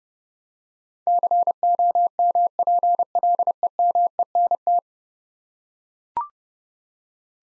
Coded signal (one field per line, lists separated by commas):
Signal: Morse code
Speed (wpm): 30 wpm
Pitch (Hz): 700 Hz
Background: none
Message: COMPLEMENT